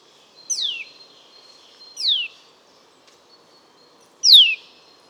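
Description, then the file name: Eurasian nuthatch calls: three sharp, downward-sliding notes spaced over a few seconds. "Sitta europaea"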